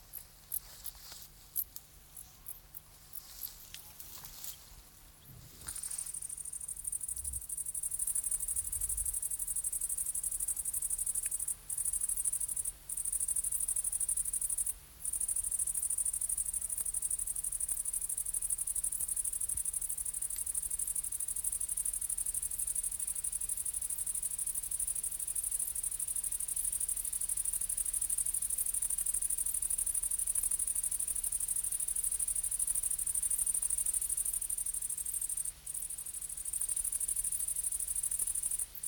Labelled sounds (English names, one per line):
Great Green Bush-cricket stridulation